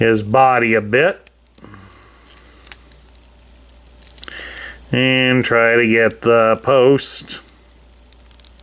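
While a robot action figure is being transformed, a plastic post on the figure is handled and pushed toward its socket in the shell, with light plastic taps and brief ticks between stretches of someone talking. The clip ends before the part goes home, so nothing has seated or clicked yet.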